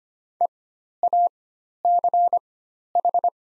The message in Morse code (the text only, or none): EACH